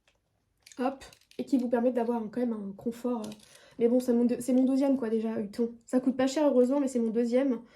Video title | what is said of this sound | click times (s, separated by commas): Je me prépare pour une journée de boulot (mariage) ! | qui vont se clipser hop | 0.7 s